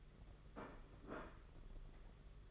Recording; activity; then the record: daily activity, microphone in the room; place plate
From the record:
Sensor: 4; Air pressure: 992.6 hPa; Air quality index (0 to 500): 134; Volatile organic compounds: 55 ppm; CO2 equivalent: 3365 ppm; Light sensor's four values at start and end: 19/65/24/25 and 19/65/24/25